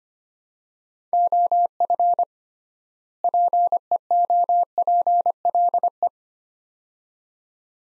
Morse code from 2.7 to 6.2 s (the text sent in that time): PEOPLE